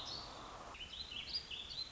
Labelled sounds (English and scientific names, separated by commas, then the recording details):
Warbling Vireo (Vireo gilvus)
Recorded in Sonoma County, California